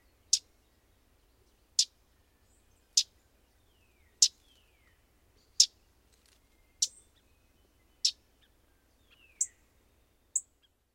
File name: Common Yellowthroat